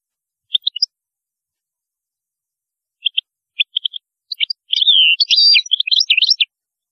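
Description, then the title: European goldfinch song: a few scattered chirps at first, then a fuller burst of fast, tinkling twittering near the end. "Chant Chardonneret"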